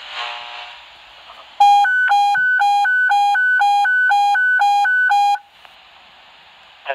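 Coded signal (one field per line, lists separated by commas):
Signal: alarm pattern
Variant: hi-lo evacuation tone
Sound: rapid high-low two-tone warble alternating every quarter second for about four seconds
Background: radio static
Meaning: Evacuate the building; exterior operation only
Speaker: you're to evacuate the building it's an exterior operation only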